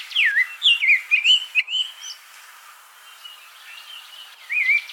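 Thrush with several clear slurred whistles, dipping and rising, then a quiet stretch before one more whistled phrase at the end; faint clicks in the background.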